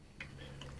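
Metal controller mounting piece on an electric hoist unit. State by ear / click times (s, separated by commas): seated / 0.2 s, 0.6 s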